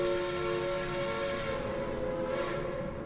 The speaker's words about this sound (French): Le train filait à toute vapeur dans les ténèbres.